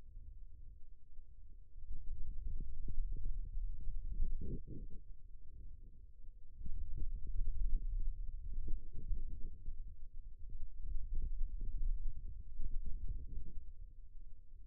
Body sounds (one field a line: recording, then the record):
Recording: forearm muscle sounds (acoustic myography)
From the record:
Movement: hand opening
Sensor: system 2, bracelet of six BSWA MPA416 microphones around the upper forearm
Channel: 3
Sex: male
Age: 22 years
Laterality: right